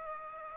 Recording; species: mosquito wingbeat signal from an infrared sensor; Aedes aegypti